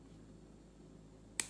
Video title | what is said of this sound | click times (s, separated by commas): Streamlight TLR-7 unboxing and first impressions. | click it on I don't know if you heard that click but now it's on like that right there | 1.4 s